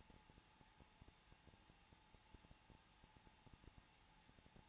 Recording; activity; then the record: daily activity, microphone in the room; no activity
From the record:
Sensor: 1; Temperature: 20.2 degrees Celsius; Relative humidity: 35.7%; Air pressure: 994.5 hPa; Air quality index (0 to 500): 182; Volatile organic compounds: 7 ppm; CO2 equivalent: 1999 ppm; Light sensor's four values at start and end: 1/2/1/1 and 1/2/1/1